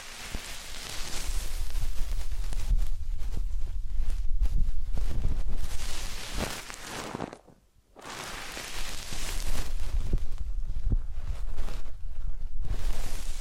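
Massage and ear-cleaning sounds: dense, continuous rustling and scratching with crackly taps and a low rumble, briefly pausing to near silence around eight seconds.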